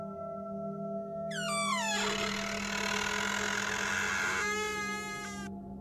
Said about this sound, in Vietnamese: Thầy hít một hơi, chắp tay xin phép, rồi cứ thế mở cửa đình đi vào. Trong đêm, tiếng cánh cửa gỗ đã cũ lâu năm rít lên kèn kẹt.